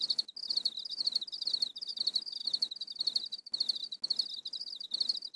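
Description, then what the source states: Crickets chirping: shrill pulsed chirps in quick bursts, broken by brief gaps. A barrage of crickets chirping together.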